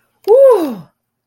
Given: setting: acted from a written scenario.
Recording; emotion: vocal sound without words; elation